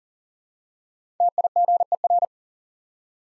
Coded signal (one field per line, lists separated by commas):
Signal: Morse code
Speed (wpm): 42 wpm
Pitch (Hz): 700 Hz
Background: none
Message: TIGER